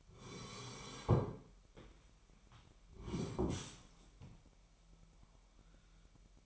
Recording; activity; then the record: daily activity, microphone in the room; sit down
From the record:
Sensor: 1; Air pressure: 998.6 hPa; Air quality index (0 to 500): 120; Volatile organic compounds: 3 ppm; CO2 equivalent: 1428 ppm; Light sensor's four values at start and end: 8/19/8/9 and 8/19/8/9